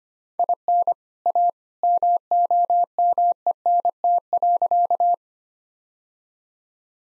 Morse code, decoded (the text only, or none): IN A MOMENT.